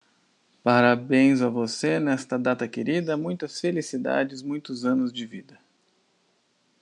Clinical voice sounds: short text; Brazilian Portuguese; male; 50 to 59 years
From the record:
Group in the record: control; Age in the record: 59 years

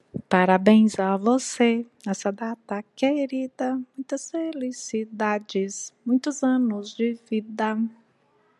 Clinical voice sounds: short text; Brazilian Portuguese; female; 50 to 59 years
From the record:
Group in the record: control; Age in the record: 50 years

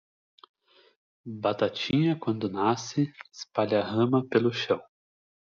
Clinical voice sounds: short text; Brazilian Portuguese; male; 20 to 29 years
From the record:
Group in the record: control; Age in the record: 24 years

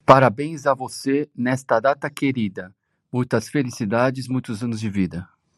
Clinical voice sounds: short text; Brazilian Portuguese; male; 30 to 39 years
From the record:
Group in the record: control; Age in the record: 35 years

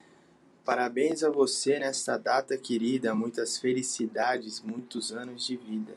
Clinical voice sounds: short text; Brazilian Portuguese; male; 20 to 29 years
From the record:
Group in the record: control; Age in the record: 21 years

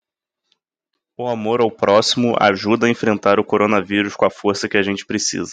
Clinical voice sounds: spoken sentence; Brazilian Portuguese; male; 20 to 29 years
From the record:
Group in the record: control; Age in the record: 22 years

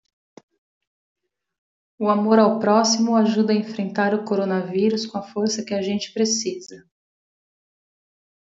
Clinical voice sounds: spoken sentence; Brazilian Portuguese; female; 30 to 39 years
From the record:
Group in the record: control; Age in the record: 34 years

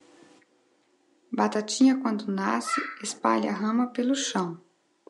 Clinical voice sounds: short text; Brazilian Portuguese; female; 30 to 39 years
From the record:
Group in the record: control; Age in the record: 35 years

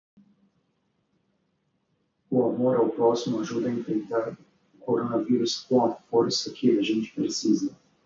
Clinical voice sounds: spoken sentence; Brazilian Portuguese; male; 30 to 39 years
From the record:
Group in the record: control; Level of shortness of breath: 0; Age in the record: 35 years

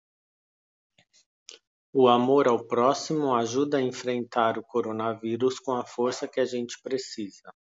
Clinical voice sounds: spoken sentence; Brazilian Portuguese; male; 40 to 49 years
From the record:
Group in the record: control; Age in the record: 44 years

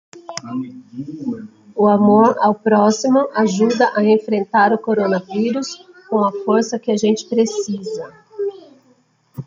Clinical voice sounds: spoken sentence; Brazilian Portuguese; female; 40 to 49 years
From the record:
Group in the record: control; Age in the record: 43 years

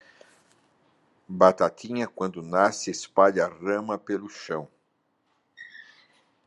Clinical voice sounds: short text; Brazilian Portuguese; male; 70 to 79 years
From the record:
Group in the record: control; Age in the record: 70 years

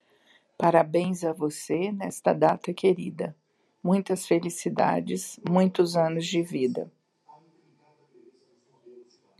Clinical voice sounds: short text; Brazilian Portuguese; female; 60 to 69 years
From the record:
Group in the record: control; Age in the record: 64 years

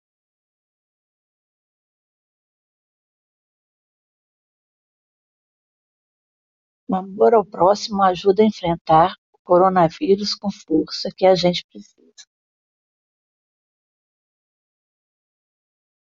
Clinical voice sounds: spoken sentence; Brazilian Portuguese; female; 50 to 59 years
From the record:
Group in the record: control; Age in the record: 56 years

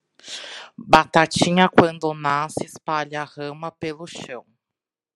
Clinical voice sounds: short text; Brazilian Portuguese; female; 30 to 39 years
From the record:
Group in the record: control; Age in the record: 34 years

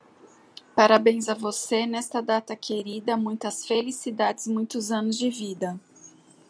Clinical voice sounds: short text; Brazilian Portuguese; female; 40 to 49 years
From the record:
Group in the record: control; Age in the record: 42 years

